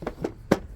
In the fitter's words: then these should just clip in boom already looks 10 times better